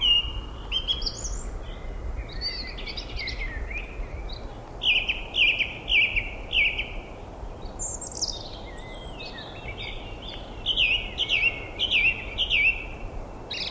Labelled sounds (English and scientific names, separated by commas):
Song Thrush (Turdus philomelos) song